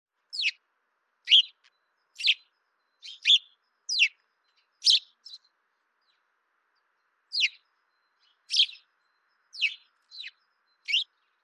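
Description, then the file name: House sparrow chirps: short, sharp cheeps given singly or in quick pairs, roughly one each second with a brief pause midway, against a silent background. "Passer domesticus"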